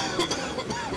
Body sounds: coughing mixed with background sound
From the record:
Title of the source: Dry Coughing Fit in the Afternoon.

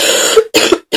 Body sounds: coughing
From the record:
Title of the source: 55 gaggy wet cough

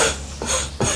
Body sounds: coughing mixed with background sound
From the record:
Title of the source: Spring Cold Coughing 2

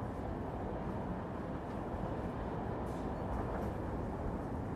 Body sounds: background sound without coughing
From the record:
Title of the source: Train Ride Ambience ambient white noise for sleeping, focus, studying, reading

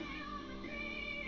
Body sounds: background sound without coughing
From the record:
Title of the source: BackgroundMusic2

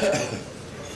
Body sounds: coughing mixed with background sound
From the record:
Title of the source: Spring Cold Coughing 3

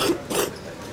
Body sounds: coughing mixed with background sound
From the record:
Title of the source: 30 Chesty and wet cough

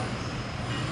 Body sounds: background sound without coughing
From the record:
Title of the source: 30 MINUTES Construction Site Ambience (CC BY 4.0)

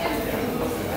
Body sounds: background sound without coughing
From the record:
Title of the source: 40 min - Ambience sounds UNIVERSITY lunchroom chatting

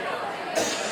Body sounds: coughing mixed with background sound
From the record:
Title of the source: Cough Around the Clock!

